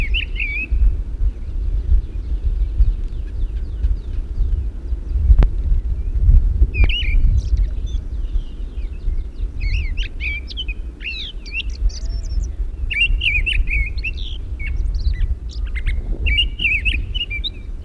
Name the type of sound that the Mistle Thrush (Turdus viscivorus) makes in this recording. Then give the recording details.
song. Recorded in the wild. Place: Pingarati, Moldova, RO. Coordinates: 46.93, 26.187. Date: 1973-04-18 11:15. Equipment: Nagra III BH, Sennheiser MD 21, parabola. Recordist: Schubert, Michael